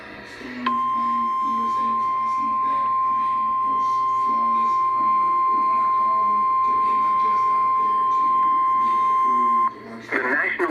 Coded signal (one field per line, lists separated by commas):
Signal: Emergency Alert System (SAME) tones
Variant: 1050 Hz attention tone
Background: speech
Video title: EAS #164 Severe Thunderstorm Warning